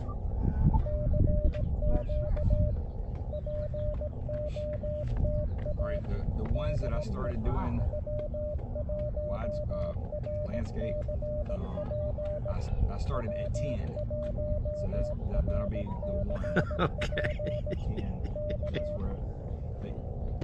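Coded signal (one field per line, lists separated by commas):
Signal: Morse code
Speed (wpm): 17 wpm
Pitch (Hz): 600 Hz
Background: speech, radio noise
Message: CQ POTA DE W1RCP W1RCP K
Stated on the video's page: CW calls during a combined SOTA/POTA activation on a summit, Elecraft KX2 with Elecraft key, MFJ-1898 telescoping antenna, 12 watts.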